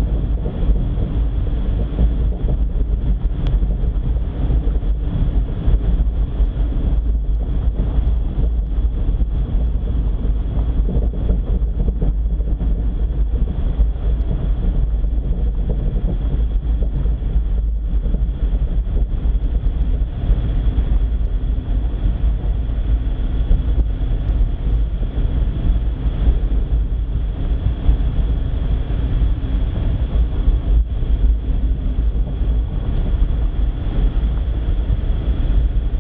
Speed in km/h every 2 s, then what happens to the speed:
36, 35, 34, 33, 32, 29, 30, 30, 31, 32, 32, 33, 33, 33, 33, 31, 31, 31.
0-10 slows to 29. 10-36 steady at about 31.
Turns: none.